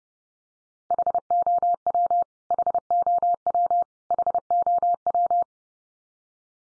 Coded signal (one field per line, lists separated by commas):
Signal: Morse code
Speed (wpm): 30 wpm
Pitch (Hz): 700 Hz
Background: none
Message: HOW HOW HOW